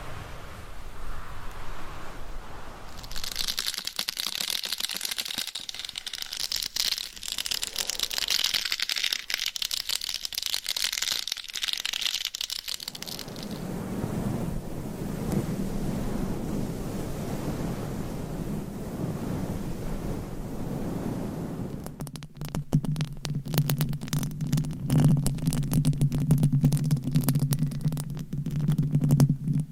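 A microphone is scratched and rubbed through different covers, with the sound changing in sections. Early on a bright, hissy scraping dominates; from about 13 seconds it turns to a duller, low rumbling rub, and after 22 seconds becomes a dense, crackly buzzing scratch.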